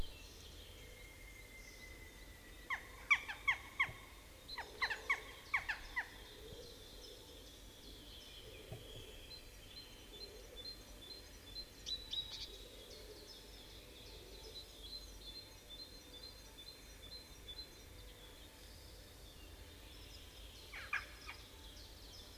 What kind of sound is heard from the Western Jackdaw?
call